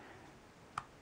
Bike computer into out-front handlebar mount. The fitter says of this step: okay makes a little bit of a click but uh anyhow just wanted to let you guys compare these three